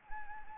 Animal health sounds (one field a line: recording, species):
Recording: mosquito wingbeat signal from an infrared sensor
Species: Anopheles arabiensis